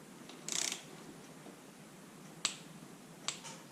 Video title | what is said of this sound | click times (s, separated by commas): Husqvarna TE 300i Steering Stem Bearings and Brake Rebuild | there's your click | 2.4 s